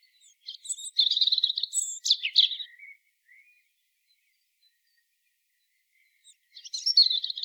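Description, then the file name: European robin song with a high, jangling warbled phrase ending in down-slurred notes, silence, then another phrase starting. "Erithacus rubecula"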